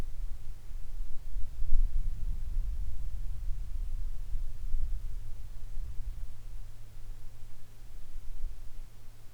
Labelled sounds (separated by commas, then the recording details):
wind
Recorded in the Arctic National Wildlife Refuge, Alaska, on 22 July 2019 at 15:41
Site 41